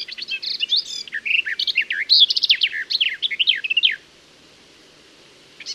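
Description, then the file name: Garden warbler song: a long, rapid stream of mellow warbled and chattered notes lasting about four seconds, then a pause before the next phrase begins. "Fauvette des jardins"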